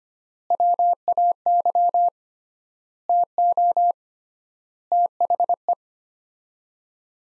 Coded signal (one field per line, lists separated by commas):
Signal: Morse code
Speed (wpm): 25 wpm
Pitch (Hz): 700 Hz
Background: none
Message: WAY TO THE